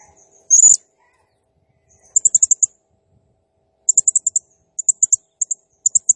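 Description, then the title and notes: Blue-crowned hanging parrot song: a thin, very high note, then quick clusters of several sharp, rapid chirps repeated in short bursts. Singing energetically (gacor, nembak style); recording used as masteran (lure/training sound) for other birds. "Burung Serindit Nembak Gacor Bikin Emosi Semua Burung. Suara Nasteran Dan Pemikat Burung Serinditan Gacor"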